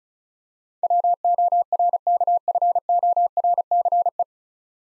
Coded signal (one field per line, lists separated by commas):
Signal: Morse code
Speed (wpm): 36 wpm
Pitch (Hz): 700 Hz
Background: none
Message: WORKFORCE